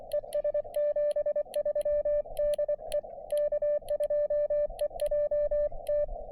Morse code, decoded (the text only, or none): ES 73 DE K2EJT